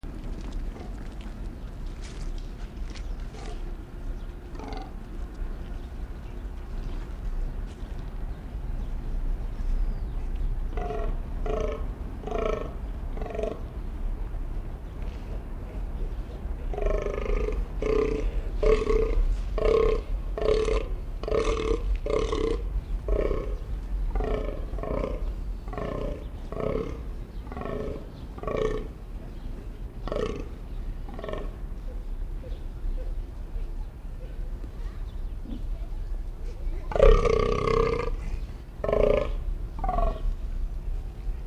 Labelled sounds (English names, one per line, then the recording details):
Fallow Deer
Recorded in captivity
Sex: group
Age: adult
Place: Zoo Berlin, Berlin, DE
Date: 1959-11-01 12:30
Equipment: Reporter (Vollspur)
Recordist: Tembrock, Günter